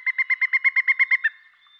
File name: dan-gibsons-solitudes pileated-woodpecker